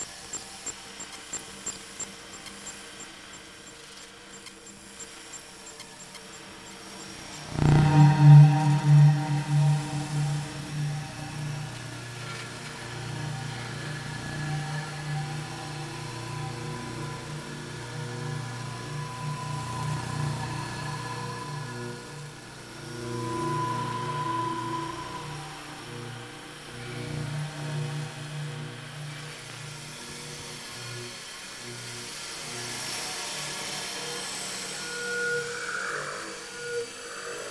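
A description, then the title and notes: Electromagnetic hum from electrical devices, quiet and buzzy at first, then a sudden louder drone near eight seconds with steady tones and shifting whines. Electromagnetic energy converted into audio energy. This piece incorporates electromagnetic sound recordings of electrical devices such as cell phones, tablets, keyboards, laptops, printers, hard drives, etc.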